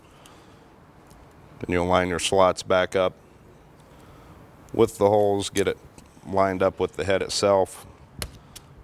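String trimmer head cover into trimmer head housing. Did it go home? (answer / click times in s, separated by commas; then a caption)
yes / 8.2 s. Someone talks while lining up the slots of a plastic string trimmer head cover with the holes in the trimmer head housing. A sharp, loud snap at 8.2 s marks the cover halves being pushed together and seating into place.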